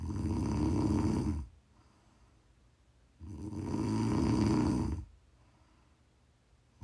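Loud, rattling inhaled snores about 1.5 to 2 seconds long recur roughly every 3.5 seconds, with quiet pauses between them. This is ordinary ASMR snoring from an adult woman asleep.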